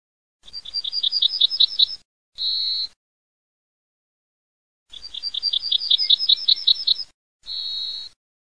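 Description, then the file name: Yellowhammer song: a quick run of repeated high notes ending in a longer, drawn-out final note, sung twice with a pause between. "ZIGOLOGIALLO"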